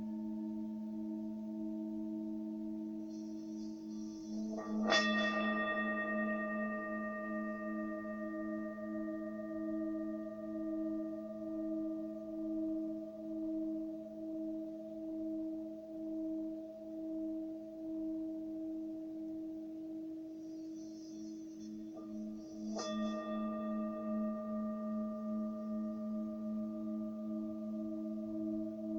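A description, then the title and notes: Tibetan bells ring with a steady low hum that runs through the whole clip and pulses gently. A bright strike lands near five seconds and another near twenty-three, each blooming into clear ringing tones that slowly fade while the low drone continues beneath. Crown Chakra Tibetan Bells. Sounds of Tibetan bells.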